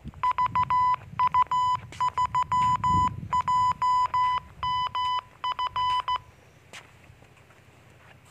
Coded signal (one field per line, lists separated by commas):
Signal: Morse code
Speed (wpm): 15 wpm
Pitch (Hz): 1000 Hz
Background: none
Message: VU3JMF